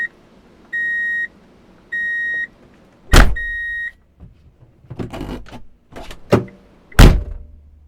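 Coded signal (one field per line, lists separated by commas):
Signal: alarm pattern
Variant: vehicle reversing beeper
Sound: repeated half-second 2 kHz beeps, then several dull thunks and clatters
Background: car door thumps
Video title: [Free sound effect] Transportation | Drive in Reverse Beep Alert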